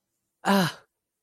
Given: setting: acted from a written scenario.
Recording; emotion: vocal sound without words; positive surprise